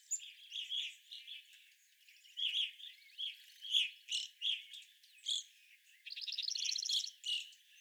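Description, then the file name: Evening grosbeaks giving short chirping calls in loose bursts, with a fast rattling phrase near the end. Several evening grosbeaks, recorded on 25 April 2021. "2021-04-25 Evening Grosbeaks"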